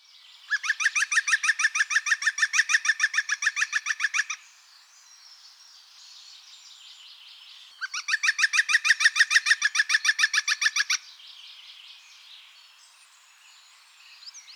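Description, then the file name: European green woodpecker giving two loud laughing series, each a rapid run of about twenty ringing notes lasting three to four seconds, separated by a quiet pause. "gruenspecht"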